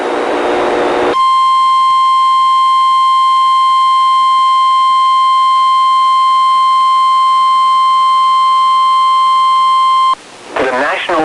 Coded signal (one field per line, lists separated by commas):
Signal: Emergency Alert System (SAME) tones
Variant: 1050 Hz attention tone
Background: speech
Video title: KEC62 SGX Required Weekly Test Direct Audio 9/17/25 (EAS #66)